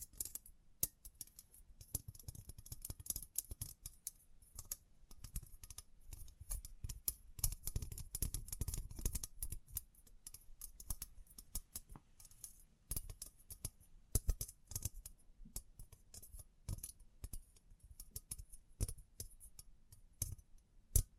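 Tapping, scratching and brushing sounds with crinkles run densely through the whole clip, made of quick irregular clicks and taps with bright, hissy edges. A soft low rumble swells beneath, strongest around seven to ten seconds. Sharper isolated taps stand out near fourteen and twenty-one seconds.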